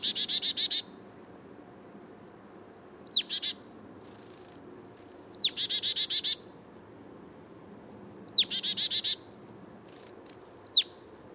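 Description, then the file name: Marsh Tit repeating explosive 'pitchoo' notes every few seconds, most trailed by a rapid string of buzzy nasal notes, opening with a buzzy series; soft background hum throughout. "Poecile palustris"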